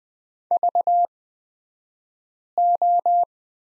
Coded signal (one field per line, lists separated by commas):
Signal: Morse code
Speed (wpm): 20 wpm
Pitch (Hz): 700 Hz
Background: none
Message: VO